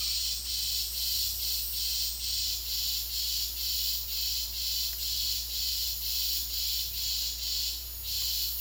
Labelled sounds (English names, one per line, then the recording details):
none
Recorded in dense forest near Puerto Asís, Putumayo, Colombia, on 8 March 2025 at 14:30
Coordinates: 0.503, -76.323
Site GP09